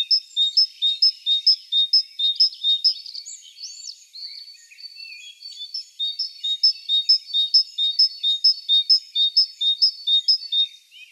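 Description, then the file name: Great tit giving a long run of alternating high and low ringing notes, briefly interrupted by other chirps before the steady two-note pattern resumes. "Parus major"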